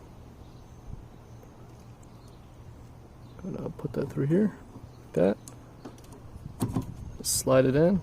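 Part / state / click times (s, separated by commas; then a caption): windshield wiper blade onto wiper arm / not seated / none. A new windshield wiper blade for a 1990s Ford E350 is picked up and lined up with the wiper arm, ready to be slid through, while someone talks. Brief soft handling taps and rattles come between about 5.9 and 6.8 seconds. Nothing has seated or clicked yet.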